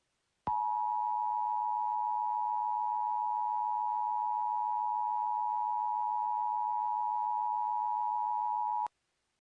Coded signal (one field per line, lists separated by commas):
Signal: Emergency Alert System (SAME) tones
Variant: 853 and 960 Hz attention tone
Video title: [Fake] EAS Scenario AT-X (Japan,US,South Korea) Shutdown (2025 July 13th)